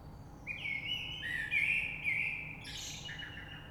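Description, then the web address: Common blackbird song: a mellow warbled phrase of fluty notes sliding between low and mid pitch, ending in a higher squeaky flourish; faint low background hum. Recorded 3 March 2020. "oiseaux Rush Merle 3-3-2020"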